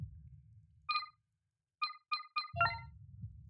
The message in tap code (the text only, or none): none